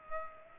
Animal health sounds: mosquito wingbeat signal from an infrared sensor; Culex pipiens

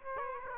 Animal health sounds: mosquito wingbeat signal from an infrared sensor; Aedes aegypti

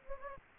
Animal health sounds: mosquito wingbeat signal from an infrared sensor; Anopheles gambiae

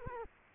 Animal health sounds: mosquito wingbeat signal from an infrared sensor; Culex quinquefasciatus

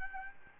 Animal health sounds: mosquito wingbeat signal from an infrared sensor; Aedes albopictus

